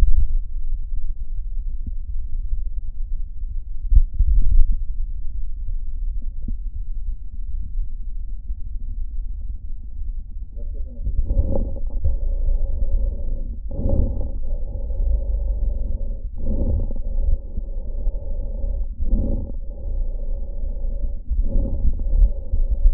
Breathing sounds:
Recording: lung sounds by stethoscope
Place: left posterior basal chest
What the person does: quiet breathing, then deep breathing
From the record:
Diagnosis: interstitial lung disease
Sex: male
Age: 82 years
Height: 158 cm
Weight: 49 kg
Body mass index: 19.6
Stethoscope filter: diaphragm mode

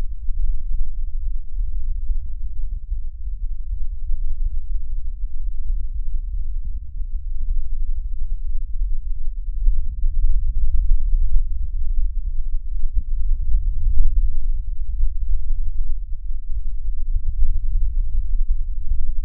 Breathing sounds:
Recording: lung sounds by stethoscope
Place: left anterior apical chest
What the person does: quiet breathing, then deep breathing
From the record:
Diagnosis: interstitial lung disease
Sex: female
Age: 60 years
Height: 152 cm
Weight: 55.9 kg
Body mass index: 24.2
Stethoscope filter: bell mode

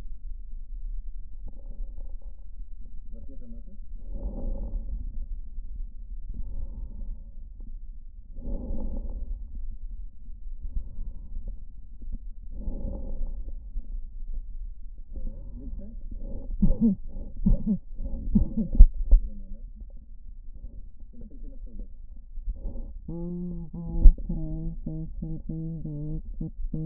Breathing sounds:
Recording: lung sounds by stethoscope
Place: right posterior basal chest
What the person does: quiet breathing, then cough and speech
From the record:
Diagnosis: interstitial lung disease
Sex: female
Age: 72 years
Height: 158 cm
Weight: 69 kg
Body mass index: 27.6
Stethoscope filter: diaphragm mode

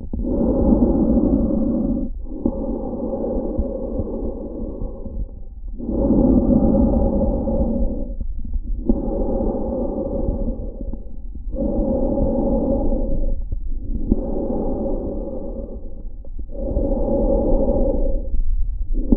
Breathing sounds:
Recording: lung sounds by stethoscope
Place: trachea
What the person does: quiet breathing, then deep breathing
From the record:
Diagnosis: COPD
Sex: male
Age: 57 years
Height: 165 cm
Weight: 85.7 kg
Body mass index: 31.5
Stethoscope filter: diaphragm mode

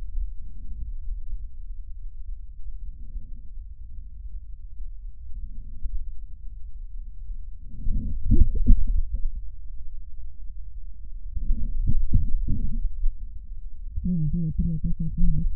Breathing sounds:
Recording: lung sounds by stethoscope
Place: left posterior basal chest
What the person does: quiet breathing, then cough and speech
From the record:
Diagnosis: interstitial lung disease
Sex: female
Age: 70 years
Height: 160 cm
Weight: 93 kg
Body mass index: 36.3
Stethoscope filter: bell mode

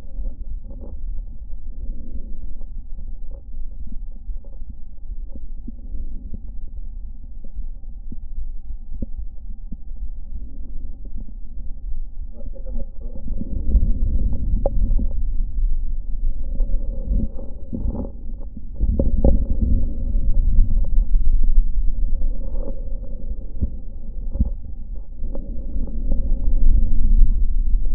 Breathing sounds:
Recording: lung sounds by stethoscope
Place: left anterior apical chest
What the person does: quiet breathing, then deep breathing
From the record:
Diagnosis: pulmonary infection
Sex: male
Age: 86 years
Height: 165 cm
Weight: 65 kg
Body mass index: 23.9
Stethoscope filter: diaphragm mode

